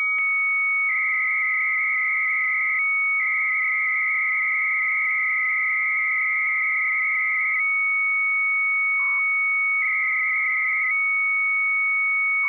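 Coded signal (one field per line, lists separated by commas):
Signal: 300-baud modem data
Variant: Bell 103, 300 baud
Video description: Here’s a practical demonstration of a program called Minimodem, which I’m using to talk to a BBS at 300 bits per second using the Bell 103 modulation scheme.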